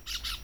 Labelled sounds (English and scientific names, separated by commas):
Brown-throated Parakeet (Eupsittula pertinax) contact call